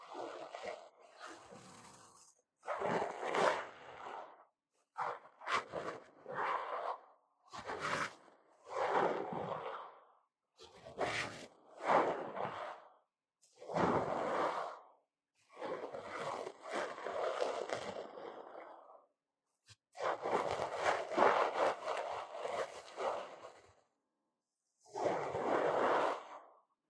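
Ear cleaning: bursts of scratchy rubbing and rustling, each lasting one to three seconds, broken by short silences across the clip.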